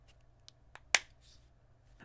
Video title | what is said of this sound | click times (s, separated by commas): Best And Worst Cases For Samsung Galaxy S23 Plus | it very easily stows away with a little click | 1.0 s